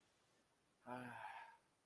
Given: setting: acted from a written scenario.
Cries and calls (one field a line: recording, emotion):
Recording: vocal sound without words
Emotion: romantic love